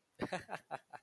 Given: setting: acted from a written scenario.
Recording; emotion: vocal sound without words; amusement